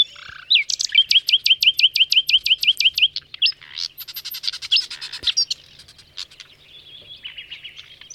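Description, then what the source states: Common Nightingale song: a long, steady series of sharp whistled notes, then rapid rattling trills and softer fading phrases. Two territorial males singing, marking out territory; recorded in France in May.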